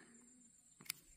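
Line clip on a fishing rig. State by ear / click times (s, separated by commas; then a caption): seated / 0.9 s. While rigging a float and hook on fishing line, a small clip or lock on the line is closed. A quiet background hiss gives way to a faint rustle just before a single sharp click at 0.9 s. The line clip locks shut.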